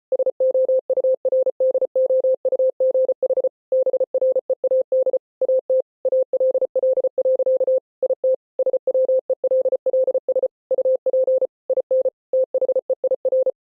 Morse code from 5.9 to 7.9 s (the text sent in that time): ALL.